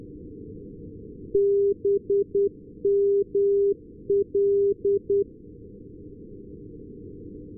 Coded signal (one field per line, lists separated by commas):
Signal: Morse code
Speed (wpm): 10 wpm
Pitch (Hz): 400 Hz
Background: none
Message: BML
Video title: BML Non directional beacon